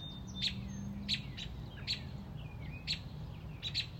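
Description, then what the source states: Robin calling with sharp high chips about every half second to second, mixed with a few thin, sliding whistled notes over a low background hum. Mother robin on a front porch, protecting a newly hatched baby robin.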